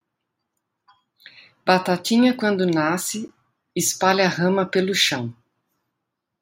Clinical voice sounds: short text; Brazilian Portuguese; female; 50 to 59 years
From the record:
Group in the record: control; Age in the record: 51 years

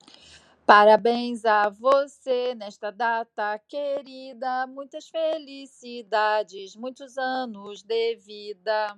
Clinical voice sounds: short text; Brazilian Portuguese; female; 50 to 59 years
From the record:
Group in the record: control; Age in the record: 56 years

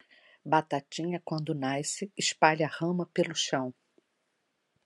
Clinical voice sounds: short text; Brazilian Portuguese; female; 50 to 59 years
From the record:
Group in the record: control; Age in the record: 56 years

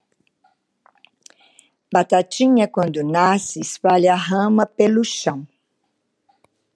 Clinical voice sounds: short text; Brazilian Portuguese; female; 70 to 79 years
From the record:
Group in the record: control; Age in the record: 79 years

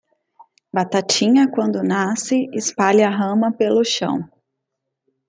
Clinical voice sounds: short text; Brazilian Portuguese; female; 30 to 39 years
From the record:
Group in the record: control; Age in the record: 32 years

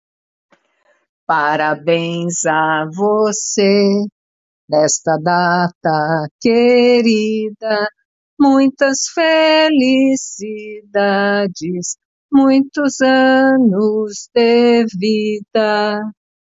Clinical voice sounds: short text; Brazilian Portuguese; female; 60 to 69 years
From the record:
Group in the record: control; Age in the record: 60 years

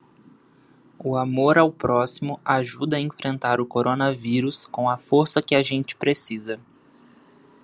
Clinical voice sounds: spoken sentence; Brazilian Portuguese; male; 20 to 29 years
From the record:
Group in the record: control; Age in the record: 28 years

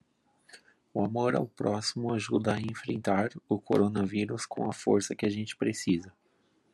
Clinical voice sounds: spoken sentence; Brazilian Portuguese; male; 20 to 29 years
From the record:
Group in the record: control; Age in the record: 26 years

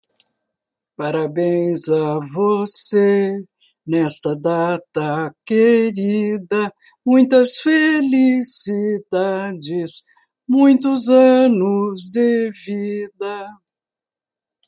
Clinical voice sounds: short text; Brazilian Portuguese; female; 60 to 69 years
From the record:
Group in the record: control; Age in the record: 67 years

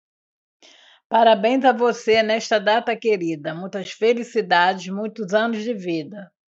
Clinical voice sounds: short text; Brazilian Portuguese; female; 60 to 69 years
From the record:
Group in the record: control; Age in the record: 60 years

